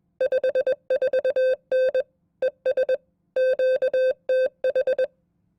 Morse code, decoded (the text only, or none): 54N ES QTH